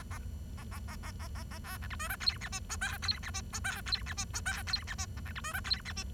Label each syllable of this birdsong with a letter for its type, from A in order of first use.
A A A A A A A A A B C D E F G H I J K G H I J K G H I J K G H I A C D E F G H I